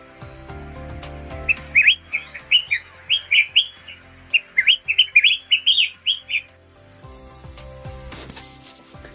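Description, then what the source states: Collared Finchbill chattering a long series of about twenty liquid, twisting chirps over five seconds, then silence and a brief rustling noise near the end. Several wintering birds feeding on crabapples in a crabapple garden, Beijing, China, 15 January 2022, temperature -8 to 3°C; call described as very pleasant, reason people keep them caged.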